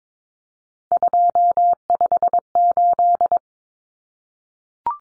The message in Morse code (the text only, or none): 258